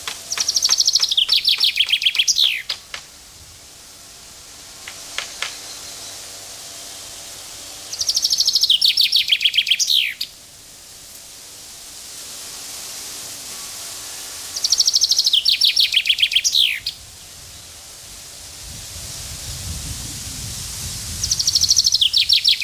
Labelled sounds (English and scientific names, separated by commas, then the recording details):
Common Chaffinch (Fringilla coelebs) song
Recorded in the wild
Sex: male
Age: adult
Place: Mühlenbecker Land, OT Summt, Brandenburg, DE
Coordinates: 52.6931, 13.3619
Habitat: garden
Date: 1983-06-04 15:56
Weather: slightly sunny, 24°C
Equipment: Nagra SN, Kopie Uher 4000 Monitor Report
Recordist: Tembrock, Günter
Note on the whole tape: Kieferngrund (Grundstück). Gesang